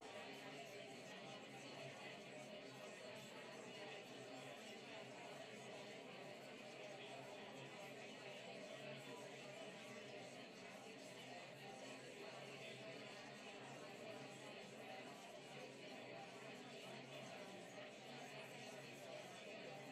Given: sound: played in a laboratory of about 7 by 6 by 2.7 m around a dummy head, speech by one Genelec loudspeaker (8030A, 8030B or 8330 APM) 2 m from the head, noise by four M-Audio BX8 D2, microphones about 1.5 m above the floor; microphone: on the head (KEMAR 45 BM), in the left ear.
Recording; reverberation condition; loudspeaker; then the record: babble noise; low; four, about 170 cm from the corners of the room and facing them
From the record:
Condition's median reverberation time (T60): about 310 ms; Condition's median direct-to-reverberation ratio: about 3.5 dB